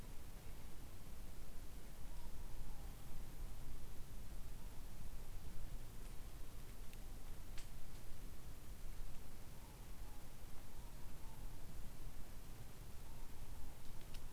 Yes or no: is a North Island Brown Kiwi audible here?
no